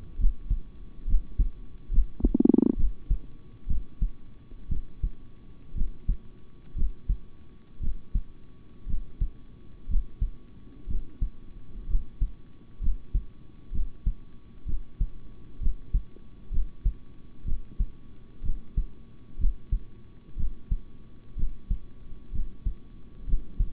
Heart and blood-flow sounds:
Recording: heart sounds by stethoscope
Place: between the tricuspid and mitral areas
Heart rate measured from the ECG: 62 bpm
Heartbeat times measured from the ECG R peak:
0.17 s: heartbeat
1.06 s: heartbeat
1.90 s: heartbeat
2.76 s: heartbeat
3.67 s: heartbeat
4.68 s: heartbeat
5.74 s: heartbeat
6.75 s: heartbeat
7.80 s: heartbeat
8.86 s: heartbeat
9.87 s: heartbeat
10.87 s: heartbeat
11.87 s: heartbeat
12.80 s: heartbeat
13.71 s: heartbeat
14.65 s: heartbeat
15.60 s: heartbeat
16.50 s: heartbeat
17.44 s: heartbeat
18.42 s: heartbeat
19.38 s: heartbeat
20.36 s: heartbeat
21.36 s: heartbeat
22.32 s: heartbeat
23.26 s: heartbeat
From the record:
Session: rest, sitting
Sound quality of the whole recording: good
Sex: male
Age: 26 years

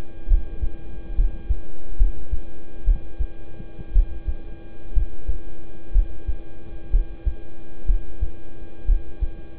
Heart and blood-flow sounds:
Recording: heart sounds by stethoscope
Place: between the tricuspid and mitral areas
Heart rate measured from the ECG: 63 bpm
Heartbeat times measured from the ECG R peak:
0.28 s: heartbeat
1.15 s: heartbeat
1.97 s: heartbeat
2.85 s: heartbeat
3.92 s: heartbeat
4.93 s: heartbeat
5.92 s: heartbeat
6.90 s: heartbeat
7.85 s: heartbeat
8.85 s: heartbeat
From the record:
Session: rest, lying down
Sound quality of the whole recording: good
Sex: male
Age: 26 years

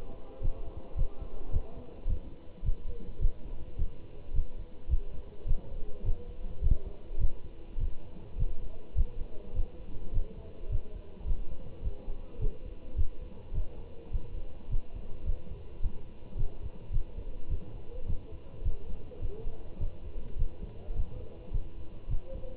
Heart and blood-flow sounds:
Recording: heart sounds by stethoscope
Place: between the tricuspid and mitral areas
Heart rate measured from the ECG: 105 bpm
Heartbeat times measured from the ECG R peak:
0.43 s: heartbeat
0.98 s: heartbeat
1.53 s: heartbeat
2.09 s: heartbeat
2.65 s: heartbeat
3.22 s: heartbeat
3.79 s: heartbeat
4.35 s: heartbeat
4.90 s: heartbeat
5.48 s: heartbeat
6.05 s: heartbeat
6.63 s: heartbeat
7.20 s: heartbeat
7.80 s: heartbeat
8.39 s: heartbeat
8.97 s: heartbeat
9.55 s: heartbeat
10.14 s: heartbeat
10.71 s: heartbeat
11.27 s: heartbeat
11.84 s: heartbeat
12.41 s: heartbeat
12.97 s: heartbeat
13.54 s: heartbeat
14.13 s: heartbeat
14.71 s: heartbeat
15.26 s: heartbeat
15.83 s: heartbeat
16.38 s: heartbeat
16.93 s: heartbeat
17.50 s: heartbeat
18.08 s: heartbeat
18.65 s: heartbeat
19.22 s: heartbeat
19.80 s: heartbeat
20.39 s: heartbeat
20.96 s: heartbeat
21.53 s: heartbeat
22.10 s: heartbeat
From the record:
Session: Bruce protocol treadmill stress test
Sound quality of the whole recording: good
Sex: male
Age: 25 years

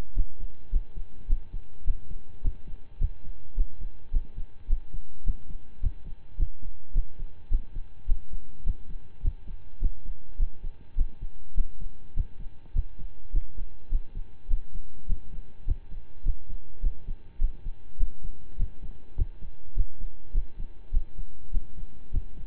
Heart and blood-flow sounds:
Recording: heart sounds by stethoscope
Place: between the tricuspid and mitral areas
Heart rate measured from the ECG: 104 bpm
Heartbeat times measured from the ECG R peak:
0.14 s: heartbeat
0.70 s: heartbeat
1.27 s: heartbeat
1.84 s: heartbeat
2.41 s: heartbeat
2.98 s: heartbeat
3.55 s: heartbeat
4.11 s: heartbeat
4.67 s: heartbeat
5.24 s: heartbeat
5.80 s: heartbeat
6.37 s: heartbeat
6.92 s: heartbeat
7.49 s: heartbeat
8.06 s: heartbeat
8.64 s: heartbeat
9.22 s: heartbeat
9.79 s: heartbeat
10.37 s: heartbeat
10.95 s: heartbeat
11.54 s: heartbeat
12.14 s: heartbeat
12.73 s: heartbeat
13.31 s: heartbeat
13.89 s: heartbeat
14.48 s: heartbeat
15.06 s: heartbeat
15.65 s: heartbeat
16.23 s: heartbeat
16.80 s: heartbeat
17.38 s: heartbeat
17.97 s: heartbeat
18.56 s: heartbeat
19.15 s: heartbeat
19.74 s: heartbeat
20.32 s: heartbeat
20.91 s: heartbeat
21.51 s: heartbeat
22.11 s: heartbeat
From the record:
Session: slow and fast walking with breaks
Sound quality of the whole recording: saturated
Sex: male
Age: 25 years

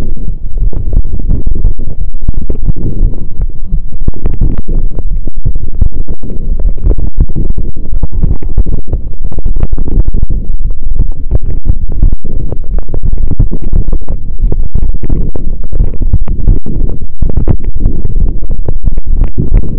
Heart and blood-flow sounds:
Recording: heart sounds by stethoscope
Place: between the tricuspid and mitral areas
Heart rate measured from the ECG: 174 bpm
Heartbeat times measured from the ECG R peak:
0.26 s: heartbeat
0.61 s: heartbeat
0.95 s: heartbeat
1.29 s: heartbeat
1.64 s: heartbeat
1.99 s: heartbeat
2.34 s: heartbeat
2.69 s: heartbeat
3.03 s: heartbeat
3.38 s: heartbeat
3.72 s: heartbeat
4.06 s: heartbeat
4.42 s: heartbeat
4.76 s: heartbeat
5.11 s: heartbeat
5.45 s: heartbeat
5.80 s: heartbeat
6.15 s: heartbeat
6.49 s: heartbeat
6.84 s: heartbeat
7.19 s: heartbeat
7.54 s: heartbeat
7.88 s: heartbeat
8.23 s: heartbeat
8.58 s: heartbeat
8.92 s: heartbeat
9.27 s: heartbeat
9.61 s: heartbeat
9.96 s: heartbeat
10.31 s: heartbeat
10.65 s: heartbeat
10.98 s: heartbeat
11.33 s: heartbeat
11.68 s: heartbeat
12.03 s: heartbeat
12.37 s: heartbeat
12.71 s: heartbeat
13.05 s: heartbeat
13.39 s: heartbeat
13.74 s: heartbeat
14.08 s: heartbeat
14.42 s: heartbeat
14.77 s: heartbeat
15.11 s: heartbeat
15.45 s: heartbeat
15.79 s: heartbeat
16.13 s: heartbeat
16.48 s: heartbeat
16.82 s: heartbeat
17.16 s: heartbeat
17.50 s: heartbeat
17.84 s: heartbeat
18.18 s: heartbeat
18.52 s: heartbeat
18.86 s: heartbeat
19.20 s: heartbeat
19.54 s: heartbeat
From the record:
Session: pedaling a stationary bicycle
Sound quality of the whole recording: saturated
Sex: male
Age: 23 years

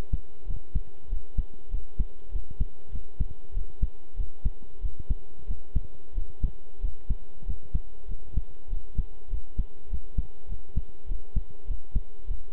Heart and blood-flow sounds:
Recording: heart sounds by stethoscope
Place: between the tricuspid and mitral areas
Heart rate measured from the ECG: 97 bpm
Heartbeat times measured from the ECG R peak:
0.46 s: heartbeat
1.08 s: heartbeat
1.69 s: heartbeat
2.30 s: heartbeat
2.91 s: heartbeat
3.52 s: heartbeat
4.15 s: heartbeat
4.80 s: heartbeat
5.46 s: heartbeat
6.13 s: heartbeat
6.80 s: heartbeat
7.44 s: heartbeat
8.07 s: heartbeat
8.68 s: heartbeat
9.29 s: heartbeat
9.88 s: heartbeat
10.47 s: heartbeat
11.07 s: heartbeat
11.66 s: heartbeat
12.26 s: heartbeat
From the record:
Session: pedaling a stationary bicycle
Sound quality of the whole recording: good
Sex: male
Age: 23 years

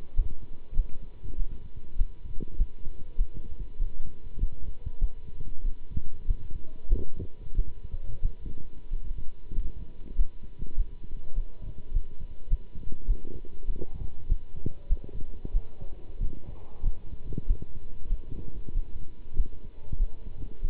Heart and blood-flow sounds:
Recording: heart sounds by stethoscope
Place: between the tricuspid and mitral areas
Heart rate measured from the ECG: 97 bpm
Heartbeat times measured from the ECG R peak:
0.15 s: heartbeat
0.75 s: heartbeat
1.36 s: heartbeat
1.97 s: heartbeat
2.57 s: heartbeat
3.16 s: heartbeat
3.78 s: heartbeat
4.39 s: heartbeat
4.99 s: heartbeat
5.62 s: heartbeat
6.26 s: heartbeat
6.88 s: heartbeat
7.55 s: heartbeat
8.21 s: heartbeat
8.89 s: heartbeat
9.54 s: heartbeat
10.16 s: heartbeat
10.75 s: heartbeat
11.34 s: heartbeat
11.92 s: heartbeat
12.48 s: heartbeat
13.06 s: heartbeat
13.66 s: heartbeat
14.27 s: heartbeat
14.87 s: heartbeat
15.52 s: heartbeat
16.19 s: heartbeat
16.84 s: heartbeat
17.46 s: heartbeat
18.08 s: heartbeat
18.73 s: heartbeat
19.36 s: heartbeat
19.98 s: heartbeat
20.61 s: heartbeat
From the record:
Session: pedaling a stationary bicycle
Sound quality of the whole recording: good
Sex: male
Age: 27 years

